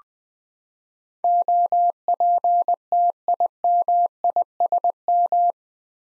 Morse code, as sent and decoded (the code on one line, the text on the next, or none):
--- .--. - .. -- .. ... --
OPTIMISM